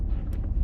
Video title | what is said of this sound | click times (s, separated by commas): Trying out the PDR in 2024 C8 Corvette Stingray | here the little click and that's it | 0.3 s